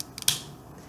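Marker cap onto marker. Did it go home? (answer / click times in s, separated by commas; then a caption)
yes / 0.3 s. A plastic cap is pushed onto a dry-erase marker, with a few faint taps before a sharp click at 0.3 seconds. The cap clicks shut and the marker is sealed so it will not dry out.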